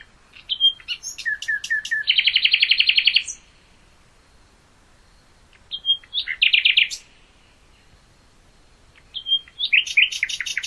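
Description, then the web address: Common nightingale singing three phrases separated by pauses, each starting with a pure whistled note and breaking into a rapid, throbbing repeated trill. "hoeren nachtigall"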